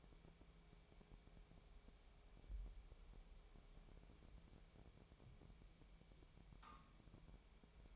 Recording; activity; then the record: daily activity, microphone in the room; wipe stove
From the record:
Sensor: 1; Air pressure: 1000.6 hPa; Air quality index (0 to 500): 185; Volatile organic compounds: 5 ppm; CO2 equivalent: 1704 ppm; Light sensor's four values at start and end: 12/28/12/13 and 12/28/12/13